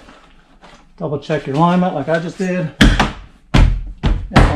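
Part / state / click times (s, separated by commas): plastic door panel clip into van door frame / seated / 4.4 s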